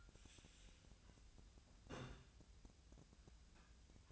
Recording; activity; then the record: daily activity, microphone in the room; take from stove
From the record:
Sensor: 2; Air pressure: 1009.8 hPa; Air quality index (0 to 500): 180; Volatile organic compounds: 10 ppm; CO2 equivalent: 2250 ppm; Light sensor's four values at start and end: 32/79/34/38 and 32/79/34/37